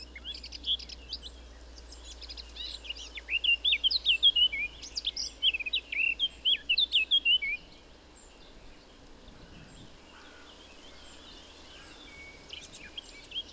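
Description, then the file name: Eurasian blackcap warbling song, a rich run of rapid whistled and chattering notes for about seven seconds, followed by near silence and low hum. "Sylvia atricapilla"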